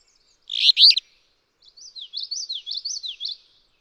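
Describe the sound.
Alder flycatcher giving one rough, buzzy burst of song, then a rapid string of high, up-and-down slurred notes.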